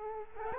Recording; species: mosquito wingbeat signal from an infrared sensor; Culex quinquefasciatus